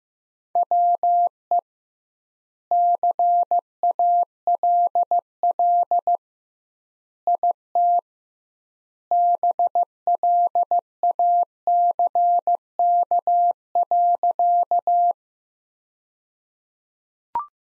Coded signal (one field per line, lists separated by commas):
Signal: Morse code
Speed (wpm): 15 wpm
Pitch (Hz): 700 Hz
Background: none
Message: WE CALL IT BLACK.